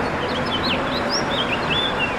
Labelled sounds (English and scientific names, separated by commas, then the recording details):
House Finch (Haemorhous mexicanus) song
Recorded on Long Island, New York, on 6 April 2012
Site BH
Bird B